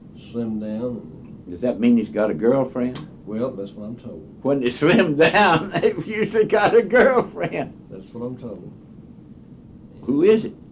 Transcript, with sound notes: slimmed down and— Does that mean he’s got a girlfriend? Well, that’s what I’m told. When they slim down, [laughing] they’ve usually got a girlfriend [laughing] That’s what I’m told. Who is it?